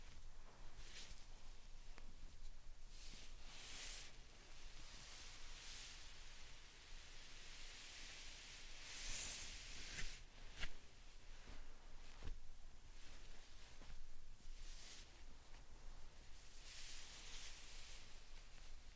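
Slime and sand being handled make soft, crisp rustling and crackling textures in repeated bursts, some lasting a second or two, spaced a few seconds apart. A sharper, brighter squish stands out near the nine-second mark over a steady low hum.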